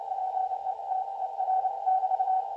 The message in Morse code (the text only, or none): PETER <BT>